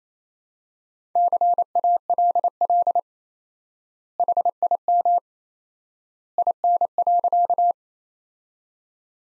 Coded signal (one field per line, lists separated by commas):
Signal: Morse code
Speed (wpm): 27 wpm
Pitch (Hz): 700 Hz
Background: none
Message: CALL HIM IN.